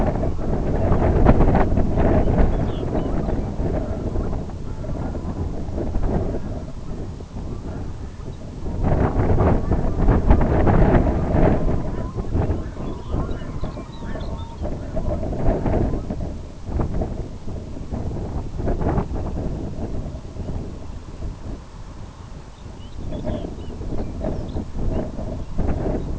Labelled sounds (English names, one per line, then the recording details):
Red-throated Loon
Lapland Longspur
unidentified sound
Semipalmated Sandpiper
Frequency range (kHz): Red-throated Loon 0.4-2.6 kHz; Lapland Longspur 1.8-6.2 kHz; Semipalmated Sandpiper 2.1-3.3 kHz
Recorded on Arctic tundra, site IGLO-B, on 27 June 2018
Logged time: 05:59